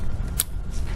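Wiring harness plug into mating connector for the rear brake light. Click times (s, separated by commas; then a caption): 0.4 s. A pre-fitted plastic wiring-harness plug on a 110cc ATV is pushed by hand into its mating connector for the rear brake light. A low rumble runs underneath, and a sharp click at 0.4 s shows the connection has seated securely.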